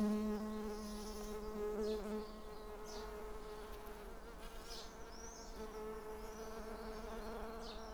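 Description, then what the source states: Bumblebee buzzing, a continuous low hum that wavers slightly. Recorded on Schanzenstrasse, Dresden, Germany.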